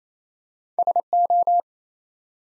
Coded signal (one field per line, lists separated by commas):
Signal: Morse code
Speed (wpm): 28 wpm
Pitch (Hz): 700 Hz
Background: none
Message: SO